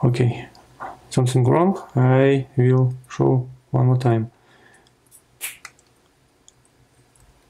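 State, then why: Seated. Someone talks, then, on a second try, a folding metal deployment clasp on a watch bracelet is pressed shut and snaps closed with sharp clicks at 5.7 s and 6.5 s. The clasp is seated and holds very strong; the first time it had not been clicked.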